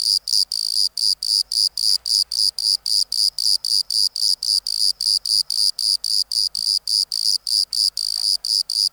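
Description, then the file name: Bordeaux cricket giving clear, high-pitched chirps at a steady quick rhythm, roughly four every second. "Modicogryllus bordigalensis"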